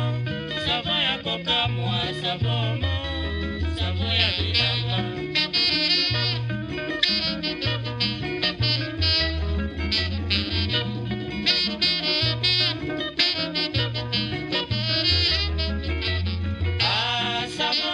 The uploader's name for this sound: Congolese Rumba and Tropical Birdsong